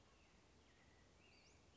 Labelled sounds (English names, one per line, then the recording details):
Western Flycatcher
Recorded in Sonoma County, California